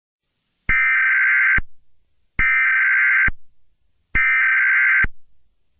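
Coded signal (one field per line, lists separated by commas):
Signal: Emergency Alert System (SAME) tones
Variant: header bursts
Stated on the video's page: Made-up EAS scenario of a London terror attack, created for entertainment, not a real alert.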